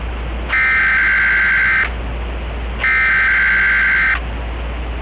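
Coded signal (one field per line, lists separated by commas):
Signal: Emergency Alert System (SAME) tones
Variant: header bursts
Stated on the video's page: Fictional EAS scenario analog horror with valid EAS tones.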